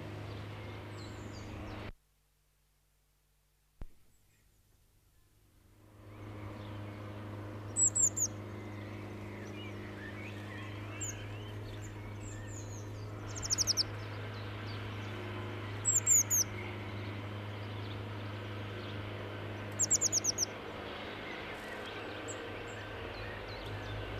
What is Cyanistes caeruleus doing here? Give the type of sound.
song